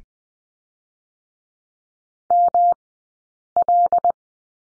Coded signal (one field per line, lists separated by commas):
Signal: Morse code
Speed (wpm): 20 wpm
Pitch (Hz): 700 Hz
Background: none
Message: ML